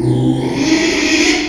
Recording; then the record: squeal of a Yucatan mini pig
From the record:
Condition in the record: after surgery on the right vocal fold (resection and tissue-engineered implant); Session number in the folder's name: 2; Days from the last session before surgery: 13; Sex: male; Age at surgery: 12 weeks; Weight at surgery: 13 kg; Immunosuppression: cyclosporine, prednisolone